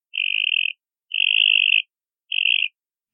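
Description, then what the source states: Northern Mockingbird mimicking a frog call: three high, steady buzzy trills, each under a second long, separated by short silences. Imitating the call of a Cope's gray tree frog; mimicry nearly indistinguishable from the frog.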